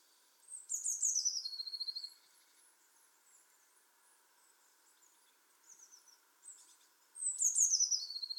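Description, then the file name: Eurasian blue tit giving two high, thin phrases that slide downward into a rapid trill, about seven seconds apart, with faint calls and quiet background between. "Cyanistes caeruleus"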